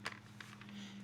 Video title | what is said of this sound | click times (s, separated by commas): Legacy Studio Reviews - ETVR Virtual Reality 4.0 | it locked into place a little too easy that time but | 0.1 s, 0.4 s